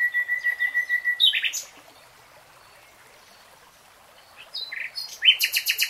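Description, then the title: Nightingale song opening with a steady pure whistle, then a loud burst, a pause of silence, and a fast series of rhythmic repeated notes. Real-time recording. "[Tiếng chim hót] Nightingale Singing"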